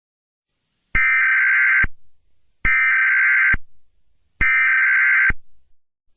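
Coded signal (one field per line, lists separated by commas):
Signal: Emergency Alert System (SAME) tones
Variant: header bursts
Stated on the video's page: Fictional EAS scenario.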